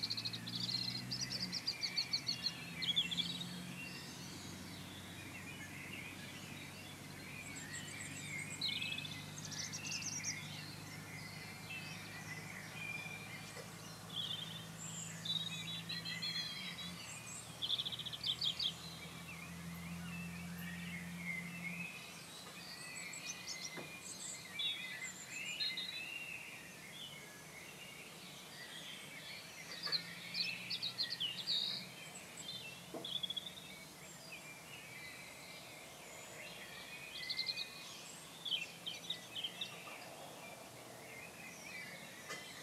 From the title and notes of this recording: Dawn Chorus, Dedham Vale, UK, March. Short recording of the dawn chorus in rural Suffolk, United Kingdom.